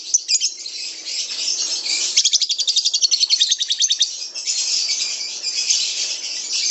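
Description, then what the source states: Lovebird song, a long high chattering trill with a rapid pulsed buzzy stretch in the middle, continuous and shrill throughout. Lovebird ngekek song, a long trill used as a lure song (kicau pancingan).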